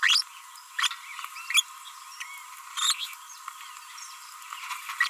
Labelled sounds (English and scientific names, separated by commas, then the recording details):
Green-rumped Parrotlet (Forpus passerinus) babbling
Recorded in a nest box in Venezuela
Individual 18B25A5